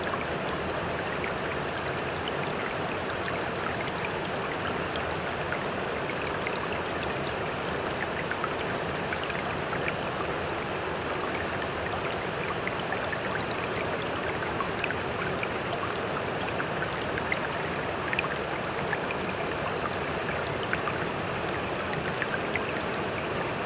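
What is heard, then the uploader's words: Flowing water runs steadily and densely throughout, a bright, even rush with small splashes and trickles scattered across the whole stretch. The calming natural sound of flowing water.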